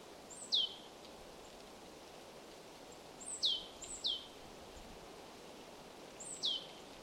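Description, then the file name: Marsh tit calling with sharp, high downslurred notes, a quick pair in the middle and single notes either side, over a soft, constant rushing background. "Poecile palustris"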